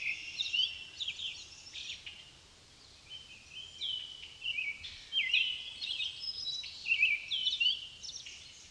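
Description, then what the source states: Common blackbird song: warbled, twittering phrases that, after a brief lull, grow louder toward the end. Blackbirds, plural, at Amos Pond in the countryside.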